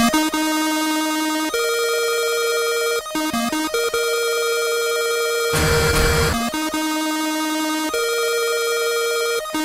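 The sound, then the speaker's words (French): A telephone at a switchboard rings for an incoming call with a loud electronic ringtone of steady, shifting tones in several segments, briefly broken midway by a harsh burst of noise, with no voices. “Retour au standard du téléphone, sonne un autre appel.”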